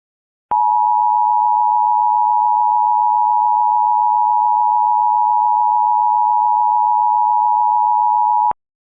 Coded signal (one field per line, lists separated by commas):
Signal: Emergency Alert System (SAME) tones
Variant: 853 and 960 Hz attention tone